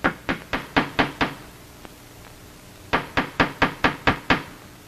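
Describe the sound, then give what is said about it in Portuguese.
Someone in a corridor knocks on a door in two quick, evenly spaced rounds of about six or seven sharp raps each, separated by a short pause, with no voices. “No corredor, Gonçalves bate na porta.”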